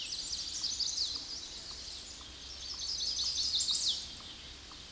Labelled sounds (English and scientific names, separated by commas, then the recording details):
Chestnut-sided Warbler (Setophaga pensylvanica) song
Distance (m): 25 m
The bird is about 10 m above the microphone
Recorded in a Pennsylvania forest on 16 May 2024 at 08:26
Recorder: AudioMoth, point MSD-2417
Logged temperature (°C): 16.4 °C
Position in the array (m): 86 m, 63 m